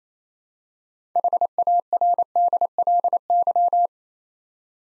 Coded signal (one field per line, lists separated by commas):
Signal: Morse code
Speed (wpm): 27 wpm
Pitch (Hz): 700 Hz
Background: none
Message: HARDLY